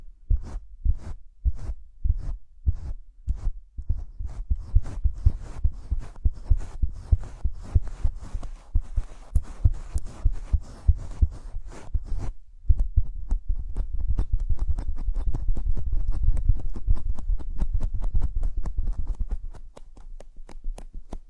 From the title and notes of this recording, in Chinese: 手套 使用6种不同手套为你耳膜按摩。